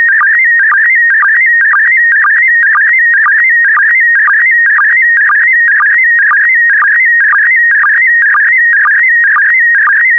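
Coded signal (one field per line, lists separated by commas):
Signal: SSTV (slow-scan television)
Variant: PD120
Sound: warbling, stepping whistle around 2 kHz with short low sync chirps twice a second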